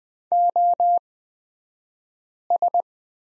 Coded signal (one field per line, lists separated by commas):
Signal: Morse code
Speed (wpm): 20 wpm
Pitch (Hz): 700 Hz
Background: none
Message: OS